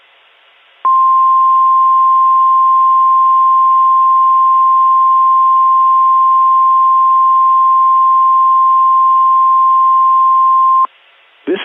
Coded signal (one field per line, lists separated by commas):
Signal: Emergency Alert System (SAME) tones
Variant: 1050 Hz attention tone